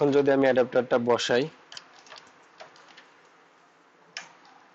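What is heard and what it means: A plastic ink supply adapter on an Epson L3210 inkjet printer, which had not been sitting properly, is pressed back onto the print head. Someone talks at the start, then faint ticks follow before a sharp click at 4.2 s as the adapter snaps and seats exactly in place.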